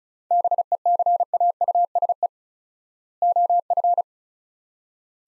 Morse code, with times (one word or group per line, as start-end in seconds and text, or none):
0.3-2.3 BECAUSE
3.2-4.0 OF